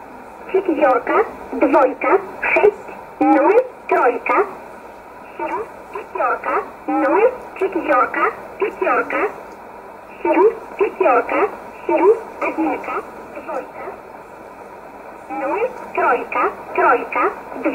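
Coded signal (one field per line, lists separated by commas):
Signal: numbers station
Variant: S11a Cherta, Russian voice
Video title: 25 06 2020 S11a Cherta Numbers station in Russian 0709 on 9339 unknown tx site in USB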